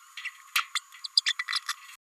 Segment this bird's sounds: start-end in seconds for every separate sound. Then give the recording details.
0.24-0.30, 0.75-0.80, 1.04-1.07, 1.16-1.21, 1.25-1.33, 1.39-1.45. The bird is a female. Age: 29 days. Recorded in a nest box in Venezuela. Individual 17B32A5